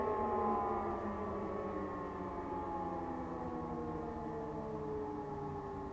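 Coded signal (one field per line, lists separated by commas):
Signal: siren signal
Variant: German Feueralarm, E57 sirens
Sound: loud sustained mechanical siren howl with several overlapping pitches, slowly sagging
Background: distant sirens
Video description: aufgenommen beim monatlichen Probealarm der Feuerwehrsirenen in Königswinter am 16.01.2021 um 12 Uhr mit dem Signal "Feueralarm".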